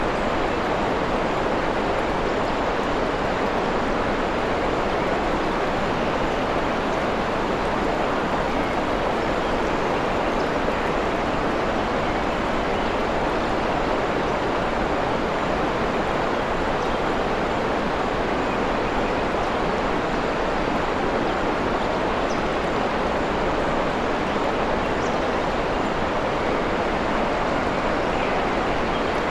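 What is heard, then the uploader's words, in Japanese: A forest waterfall pours without pause, a dense, even rush of water that holds steady for the whole stretch. The sound is full, strongest through the middle and upper range, with no distinct events breaking the continuous wash. 森の中の滝。このエピソードはウェールズで録音されましたが。そこでは滝の美しいカスケードが心地よい雰囲気を生み出し。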